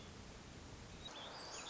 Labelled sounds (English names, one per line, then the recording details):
Hermit Thrush
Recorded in Sonoma County, California